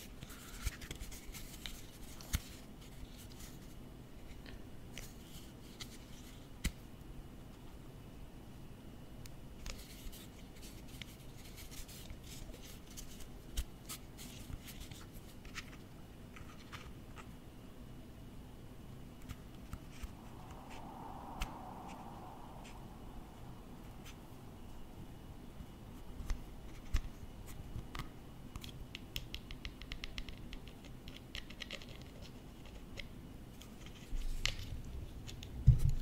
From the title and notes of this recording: Close-up Tapping & Tracing Office Objects. Gusti was at the office and he found a lot of interesting objects to tap or to trace on.